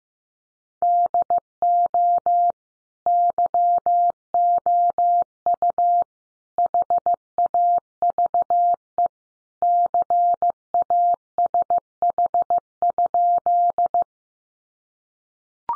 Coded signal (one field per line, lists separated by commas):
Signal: Morse code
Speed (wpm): 15 wpm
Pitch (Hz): 700 Hz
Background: none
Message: DO YOU HAVE CASH?